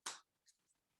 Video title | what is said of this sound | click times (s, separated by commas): STEM 5/21 | close it make sure it clicks | 0.1 s